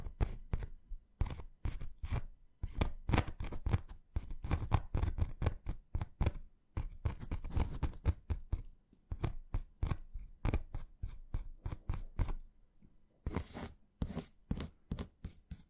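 Hand movements tapping, scratching and squeezing, made up of dense, rapid crisp strikes and rasps that come in irregular clusters throughout. Each hit carries a soft low thump under a bright scraping edge. Near the thirteenth second a few sharper, brighter scratches stand out.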